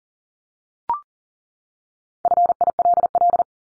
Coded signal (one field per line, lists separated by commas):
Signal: Morse code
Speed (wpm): 40 wpm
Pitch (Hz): 700 Hz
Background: none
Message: FILL